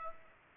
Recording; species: mosquito wingbeat signal from an infrared sensor; Aedes aegypti